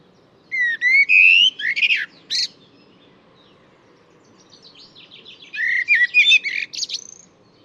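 Bird song opening with a rising whistle and buzzy chirps, a pause, then a second fast run of chirping notes, low hum underneath.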